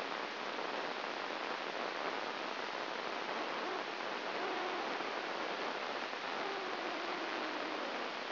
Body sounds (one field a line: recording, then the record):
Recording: brain microelectrode recording played as sound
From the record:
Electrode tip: inside the subthalamic nucleus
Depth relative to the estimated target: 0 mm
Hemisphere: left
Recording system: AlphaMap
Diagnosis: Parkinson's disease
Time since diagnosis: 9 years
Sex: female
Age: 40 years